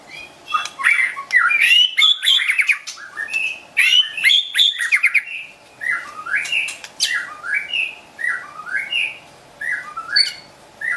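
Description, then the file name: White-rumped shama song, with dense harsh notes at first, then a series of repeated slurred whistles. Wild bird from a forest near Medan, singing actively (gacor). "suara burung murai batu hutan medan gacor"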